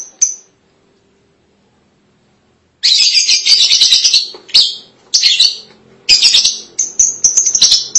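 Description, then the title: Lovebird calls: one short chirp, silence, then loud bursts of harsh, squawking high chatter broken by brief pauses. "Suara Burung Lovebird"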